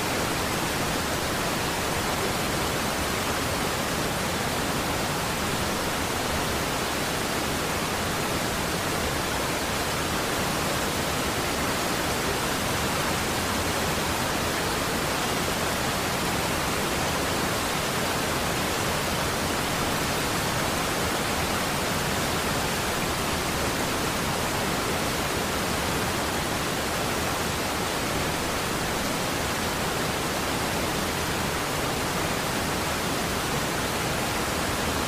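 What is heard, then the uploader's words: Water pours over the falls in a dense, unbroken roar that holds steady for the whole stretch. The rush fills every range from a deep rumble to a bright hiss, with no distinct events or pauses, only a constant wall of sound. A 40 minute soundscape of Niagara Falls.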